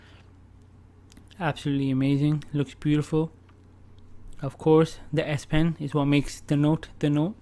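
Someone talks while handling the S Pen stylus of a deep sea blue Samsung Galaxy Note 8 at the phone's push-to-lock stylus slot in its plastic/metal body, with a few faint handling taps. The clip ends before the stylus goes home, so nothing has seated or clicked yet.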